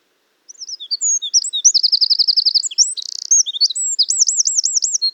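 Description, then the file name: Eurasian wren singing a high, hurried jumble of sharp notes, rolling trills and a short buzzy rattle, ending in looping warbled phrases. "Troglodytes troglodytes"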